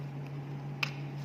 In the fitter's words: dah terkunci nih